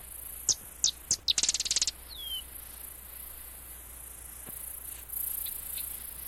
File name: Sedge Wren